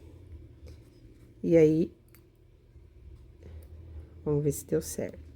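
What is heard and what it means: A zipper slider is being fitted onto the zipper tape of a small synthetic or fabric pouch while it is being made. Someone talks between faint handling sounds and light ticks. Nothing has seated or clicked yet.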